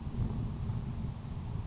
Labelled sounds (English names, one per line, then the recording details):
Grasshopper Sparrow
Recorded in Sonoma County, California